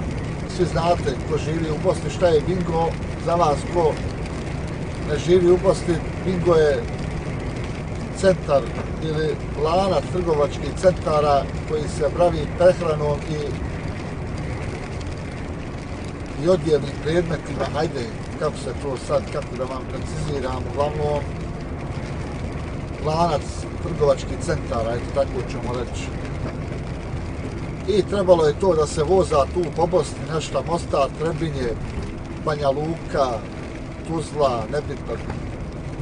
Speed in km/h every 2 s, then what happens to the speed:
78, 79, 80, 79, 79, 79, 78, 77, 77, 77, 75, 74, 74, 73, 73, 70, 70, 69.
0-36 slows to 69.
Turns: none.